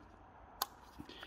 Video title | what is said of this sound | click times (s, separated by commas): Mercedes How To Remove/Replace And Clean Diesel Injectors | hear the click and now you can see the white line so now you know that's definitely in properly | 0.6 s